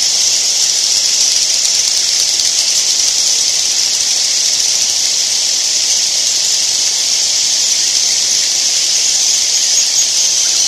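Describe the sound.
Edible-nest swiftlets calling, a dense, unbroken high hiss that holds steady throughout with no clear single call.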